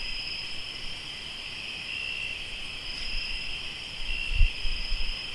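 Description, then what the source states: Crickets trill nonstop in a high steady chorus; low thudding noise appears toward the end. Crickets recorded in Tlayacapan, Morelos.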